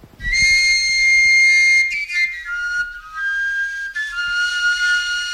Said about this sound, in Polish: który teraz zagra na piszczołce wielkopostnej